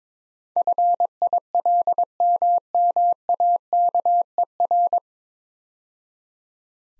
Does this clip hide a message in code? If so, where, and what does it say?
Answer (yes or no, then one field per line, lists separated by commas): yes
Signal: Morse code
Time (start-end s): 0.6-5.0 s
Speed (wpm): 22 wpm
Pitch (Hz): 700 Hz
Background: none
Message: FILMMAKER